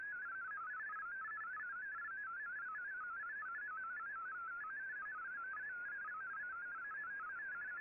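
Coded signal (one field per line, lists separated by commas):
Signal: multi-tone FSK (Olivia or MFSK type)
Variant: MFSK32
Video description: Here is my decode of the Shortwave Radiogram broadcast today on 15770Khz shortwave radio at 1300UTC in MFSK32 and 64 with 9 SSTV images.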